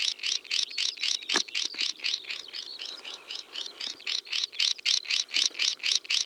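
Swinhoe's snipe repeating quick, high, scratchy notes at a steady pace of about four per second, with a faint whistle and a few low taps behind.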